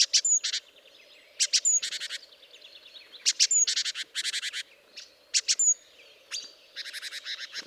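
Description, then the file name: Great tit calls, quick sharp ticks followed by dense buzzy churring bursts, repeated in tight series throughout, over a low steady hum. "Parus major"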